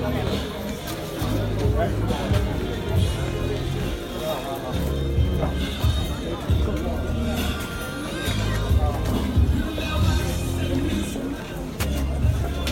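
On Nanluoguxiang, overlapping voices and crowd chatter run steadily throughout, over a low rumbling hum with occasional sharp clicks and knocks.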